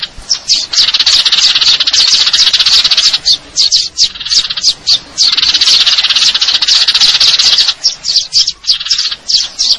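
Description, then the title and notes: Eurasian tree sparrow giving long bursts of quick, shrill chirps and trills, separated by brief silences every few seconds. Fighting call (tarung) with long trills (nembak panjang); clear-sound masteran training recording intended for contest birds. "GEREJA TARUNG NEMBAK PANJANG SUARA JERNIH MASTERAN WAJIB BURUNG LOMBA. Burung Gereja"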